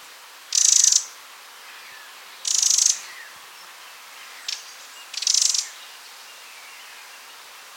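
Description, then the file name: Eurasian wren calls: three dense, harsh, high-pitched rattling bursts, each about half a second long, with a couple of short ticks between. "Troglodytes troglodytes"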